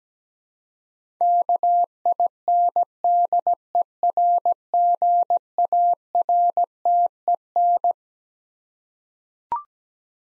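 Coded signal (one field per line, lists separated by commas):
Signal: Morse code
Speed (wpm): 17 wpm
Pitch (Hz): 700 Hz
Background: none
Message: KINDERGARTEN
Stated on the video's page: Head-copy practice of twelve-letter words at 17wpm; each word is sent in Morse, then spoken, then sent again.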